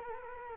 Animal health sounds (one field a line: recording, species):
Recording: mosquito wingbeat signal from an infrared sensor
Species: Culex quinquefasciatus